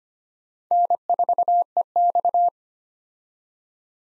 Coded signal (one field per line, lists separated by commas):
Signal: Morse code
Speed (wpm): 25 wpm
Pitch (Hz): 700 Hz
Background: none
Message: N4EX